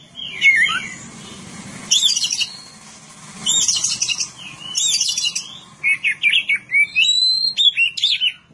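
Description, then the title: Oriental magpie-robin song with whistled upslurs and harsh chattering bursts, ending in a quick series of short sharp notes; a faint low hum underneath. "Kacer"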